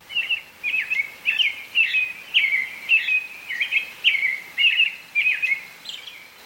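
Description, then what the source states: American robin song: clear, caroling whistled phrases repeated about every half second, each short and slightly varied in pitch, forming a steady cheerful series. Played for comparison with the European robin.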